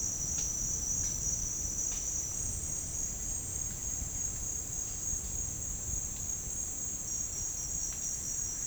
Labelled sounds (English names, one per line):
none